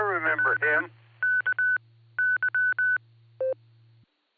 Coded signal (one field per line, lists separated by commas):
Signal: Morse code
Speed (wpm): 20 wpm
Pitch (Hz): 1500 Hz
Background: speech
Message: W K Y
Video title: Barometer Net sponsored by Silvercreek Amateur Radio Assoc. 147.39+ repeater 114.8 PL 7AM, 12-20-25